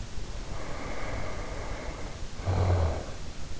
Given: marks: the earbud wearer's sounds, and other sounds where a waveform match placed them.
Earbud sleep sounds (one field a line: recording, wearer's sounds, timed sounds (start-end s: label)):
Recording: sounds in sleep by an in-ear microphone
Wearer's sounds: snoring breath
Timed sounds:
0.33-3.16 s: snoring breath